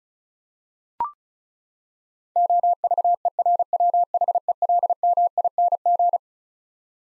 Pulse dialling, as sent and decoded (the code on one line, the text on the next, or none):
none